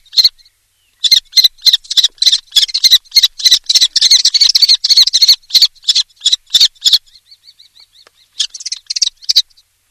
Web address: common kestrel